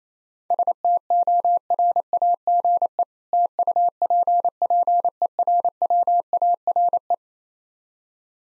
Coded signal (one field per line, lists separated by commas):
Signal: Morse code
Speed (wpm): 28 wpm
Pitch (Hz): 700 Hz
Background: none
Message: STORAGE TUPPERWARE